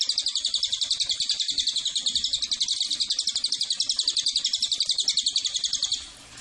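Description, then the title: Cililin calling in a long, fast series of high, sharp chirps, repeated steadily, ending abruptly in faint background hiss. Used as a lure and tutor (pancingan, masteran) to attract the bird. "MASTERAN SUARA BURUNG CILILIN BISA JUGA PANCINGAN CILILIN"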